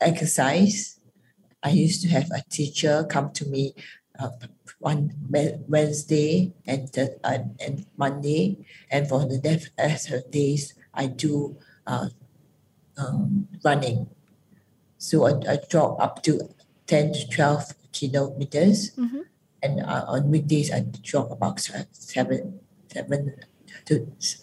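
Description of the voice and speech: An adult woman speaks slowly and haltingly, with long pauses, drawn-out sounds and word repeats, typical of non-fluent Broca's aphasia caused by a stroke about three months earlier, with speech improving over roughly three months of speech-language therapy three times a week.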